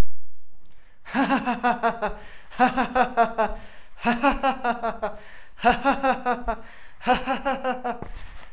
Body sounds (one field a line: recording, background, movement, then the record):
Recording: laughter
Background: quiet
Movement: walking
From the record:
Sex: male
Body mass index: 20.6 kg/m2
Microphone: on the chest, facing outward